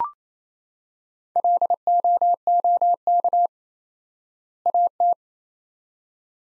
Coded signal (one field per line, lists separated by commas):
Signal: Morse code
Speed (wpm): 28 wpm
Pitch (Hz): 700 Hz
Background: none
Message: LOOK AT